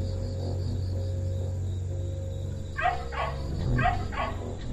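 Dog barks four times in quick succession after a quiet opening, with a steady low hum in the background.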